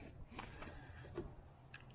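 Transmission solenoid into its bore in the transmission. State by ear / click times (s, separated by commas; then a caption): not seated / none. A performance transmission solenoid for a Corolla is pushed by hand into its bore in the transmission. A few short, faint handling knocks and scrapes sound over low background noise. Nothing has seated or clicked yet, so the O-ring has not snapped into place.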